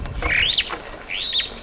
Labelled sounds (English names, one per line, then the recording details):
Superb Starling flight call
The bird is a female
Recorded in Kenya on 8 April 2009 at 11:11
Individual 47, of group MRC1